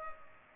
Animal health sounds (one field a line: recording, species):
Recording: mosquito wingbeat signal from an infrared sensor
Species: Culex pipiens